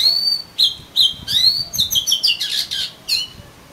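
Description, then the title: Oriental magpie-robin singing a long whistle, then a quick series of scratchy, whistled notes that run together. "Kacer Kacer"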